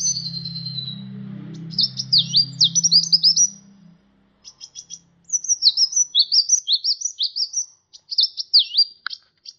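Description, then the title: Sunbird song: high, rapid chirps and down-slurred notes in quick bursts, with a short pause midway; a low hum is heard through the first part. "kicau kolibri"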